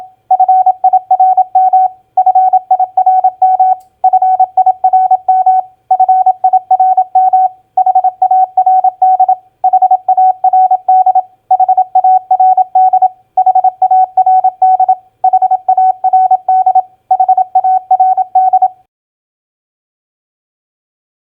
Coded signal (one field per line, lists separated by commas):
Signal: Morse code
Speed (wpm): 27 wpm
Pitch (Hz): 750 Hz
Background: none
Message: FIRM FIRM FIRM FIRM HARD HARD HARD HARD HARD HARD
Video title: Morse Code Practice Word Recognition SOFT-FIRM-HARD 27wpm